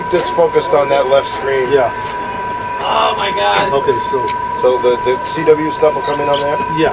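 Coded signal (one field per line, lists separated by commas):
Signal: PSK31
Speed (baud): 31.25 baud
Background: speech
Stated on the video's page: Amateur radio club Reverse Beacon Network exercise during the solar eclipse.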